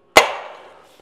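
A folding arm of a DJI FlyCart 30 cargo drone is swung out and pushed into the arm lock on the drone frame, giving one sharp, bright click at 0.2 s that rings and fades over about the next 0.7 s. The arm clicks locked, seated as the first stage of a two-stage lock that a lever then secures.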